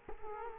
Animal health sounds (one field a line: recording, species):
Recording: mosquito wingbeat signal from an infrared sensor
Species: Culex quinquefasciatus